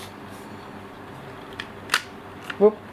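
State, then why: Not seated. During reassembly of a KJ Works MK1 airsoft pistol, the slide or locking part is handled onto the frame, being inserted past its locking lug before it is pushed back to lock. Someone talks while brief, sharp handling ticks are heard around 1.6 s and 1.9 s, followed by a louder, tonal knock near 2.6 s. Nothing has seated or clicked yet; the clip ends before the part locks onto the frame.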